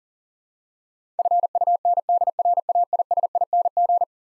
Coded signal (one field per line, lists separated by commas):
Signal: Morse code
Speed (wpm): 37 wpm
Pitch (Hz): 700 Hz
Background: none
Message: FUNDRAISING